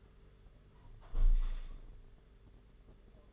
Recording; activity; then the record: daily activity, microphone in the room; close window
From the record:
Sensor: 4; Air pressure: 992.1 hPa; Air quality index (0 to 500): 94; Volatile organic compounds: 9 ppm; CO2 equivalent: 2177 ppm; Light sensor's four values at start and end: 22/77/28/30 and 22/76/28/29